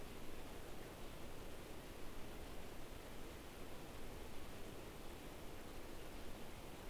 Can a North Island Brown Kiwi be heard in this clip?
no